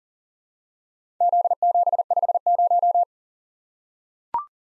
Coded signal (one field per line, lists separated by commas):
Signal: Morse code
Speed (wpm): 41 wpm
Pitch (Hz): 700 Hz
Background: none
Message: Z750